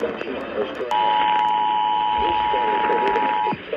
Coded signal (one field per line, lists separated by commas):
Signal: Emergency Alert System (SAME) tones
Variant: 853 and 960 Hz attention tone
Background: speech